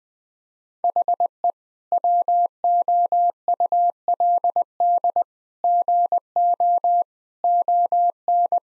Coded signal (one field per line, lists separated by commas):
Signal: Morse code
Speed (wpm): 19 wpm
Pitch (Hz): 700 Hz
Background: none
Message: HE WOULD GO ON